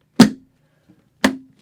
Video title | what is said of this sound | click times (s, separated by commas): 2016 Bell Star Review from Sportbiketrackgear.com | push back you hear two clicks | 0.2 s, 1.2 s